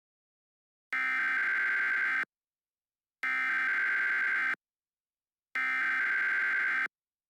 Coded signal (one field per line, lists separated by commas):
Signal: Emergency Alert System (SAME) tones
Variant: header bursts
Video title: EAS Mock 1 - Mysterious Dissapearance